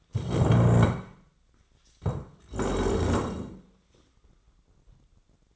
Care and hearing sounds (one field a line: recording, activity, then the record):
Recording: daily activity, microphone in the room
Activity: stand up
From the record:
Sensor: 3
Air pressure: 1012.2 hPa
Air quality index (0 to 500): 174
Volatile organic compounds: 3 ppm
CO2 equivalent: 1337 ppm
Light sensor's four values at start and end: 57/143/64/69 and 90/192/96/109